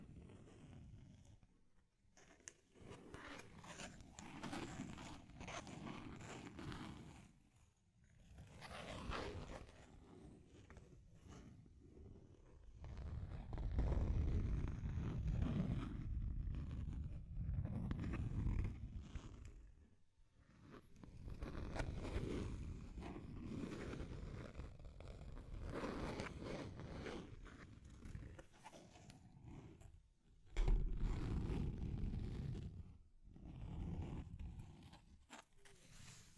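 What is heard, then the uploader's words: Deep, rough scratching comes in uneven bursts of dense scraping with brief pauses, loudest and lowest around the middle and near the end. Deep Scratching. (No Talking).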